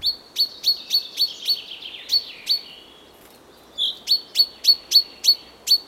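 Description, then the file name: Common chaffinch repeating sharp high call notes rapidly, a fast run, a brief quiet gap, then another even series of bright notes. "Fringilla coelebs"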